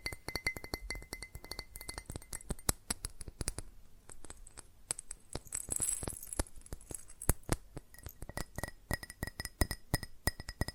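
Rapid tapping on glass and ceramic objects, a dense stream of sharp, bright clinks with ringing tones that hang briefly after some strikes. The pace is fast and uneven, thinning a little around the middle.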